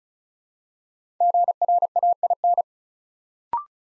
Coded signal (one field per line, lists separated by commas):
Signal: Morse code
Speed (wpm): 36 wpm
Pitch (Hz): 700 Hz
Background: none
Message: GRAIN